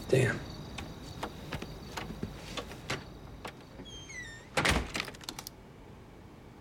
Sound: soundbite of closing door

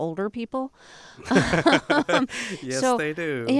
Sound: soundbite of laughter

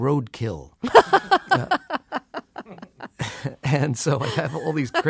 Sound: laughter

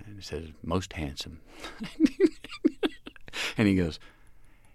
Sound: laughter

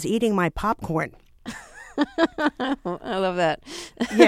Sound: soundbite of laughter

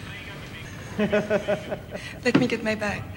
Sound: soundbite of laughter

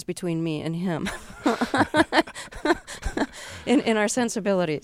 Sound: soundbite of laughter

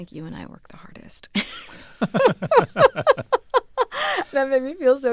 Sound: laughter

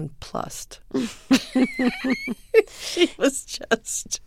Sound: laughter

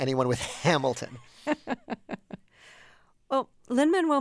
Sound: laughter

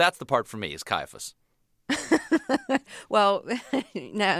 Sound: laughter

